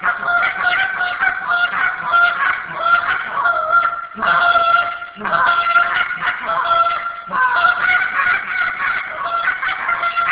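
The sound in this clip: Goose honking in a dense, continuous run of harsh nasal calls, pausing briefly only a few times.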